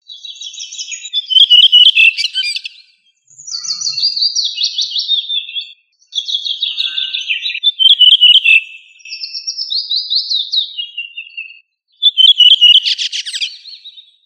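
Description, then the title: Thrush song: clear, warbling whistled phrases, each a few seconds long, separated by brief pauses. "Familia Turdidae - Sabia"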